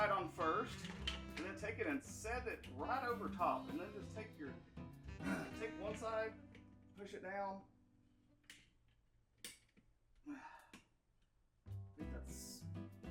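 While fixing a Samsung dishwasher's 7C error, a plastic cover piece is set over the water wall motor base during reassembly of the water wall drive, and one side is pressed down. Someone talks over background music, with a few brief handling knocks near the end. Nothing has seated or clicked yet when the clip ends.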